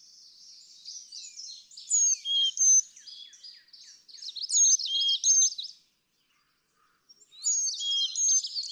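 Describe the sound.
Carolina chickadee song: high whistled notes mixed with dense, rapid twittering phrases in bursts, separated by a short silent gap.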